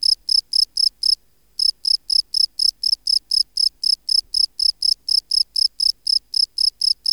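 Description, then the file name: Field cricket giving a run of high, pulsed chirps at a steady pace, a short pause early on, then the chirping resumes evenly. "Bio Acoustica Gryllus campestris"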